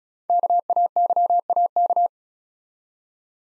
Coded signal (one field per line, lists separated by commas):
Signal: Morse code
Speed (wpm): 34 wpm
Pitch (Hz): 700 Hz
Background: none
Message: KAYAK